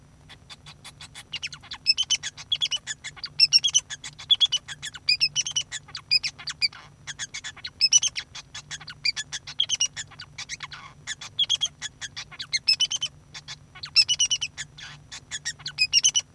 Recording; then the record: song of a male Bengalese finch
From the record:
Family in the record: son of father 2